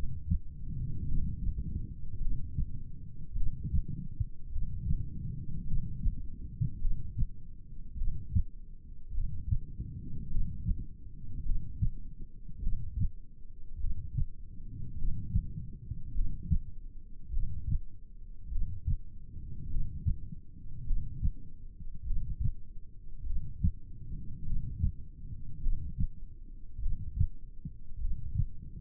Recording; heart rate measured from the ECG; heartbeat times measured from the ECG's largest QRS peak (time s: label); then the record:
heart sounds by stethoscope; 51 bpm
1.09 s: heartbeat
2.23 s: heartbeat
3.38 s: heartbeat
4.54 s: heartbeat
5.68 s: heartbeat
6.82 s: heartbeat
7.99 s: heartbeat
9.15 s: heartbeat
10.32 s: heartbeat
11.46 s: heartbeat
12.64 s: heartbeat
13.82 s: heartbeat
14.99 s: heartbeat
16.16 s: heartbeat
17.34 s: heartbeat
18.53 s: heartbeat
19.71 s: heartbeat
20.88 s: heartbeat
22.08 s: heartbeat
23.27 s: heartbeat
24.47 s: heartbeat
25.64 s: heartbeat
26.83 s: heartbeat
28.02 s: heartbeat
From the record:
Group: heart failure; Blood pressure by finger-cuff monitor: 105/52 mmHg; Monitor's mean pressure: 68 mmHg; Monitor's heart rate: 51 bpm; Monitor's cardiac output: 4.8 L/min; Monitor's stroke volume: 94 mL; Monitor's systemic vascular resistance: 1000 dyn s/cm5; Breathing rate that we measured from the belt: 13 breaths a minute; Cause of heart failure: cardiac sarcoid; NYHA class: 1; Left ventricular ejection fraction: 39%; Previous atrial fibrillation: present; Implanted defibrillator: present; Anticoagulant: apixaban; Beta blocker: carvedilol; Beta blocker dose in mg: 50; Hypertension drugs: ramipril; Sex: male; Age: 79 years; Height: 184 cm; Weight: 92.5 kg